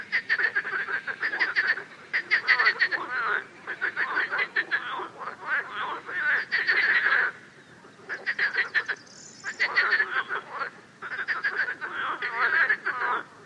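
Frog croaks in bursts of rapid rasping pulses, with a short lull near the middle.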